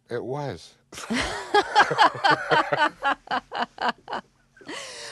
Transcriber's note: soundbite of laughter